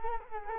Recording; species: mosquito wingbeat signal from an infrared sensor; Culex quinquefasciatus